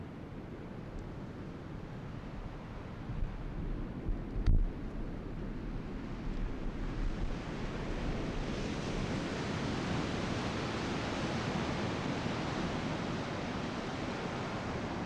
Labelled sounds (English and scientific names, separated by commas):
Arctic Fox (Vulpes lagopus)